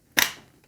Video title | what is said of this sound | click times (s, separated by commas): A PERFECT All-In-One Vacuum! Anker MACH V1 Ultra - Ultra In-Depth Review & Comparison | Clicks in place. | 0.2 s